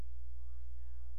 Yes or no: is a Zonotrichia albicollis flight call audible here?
no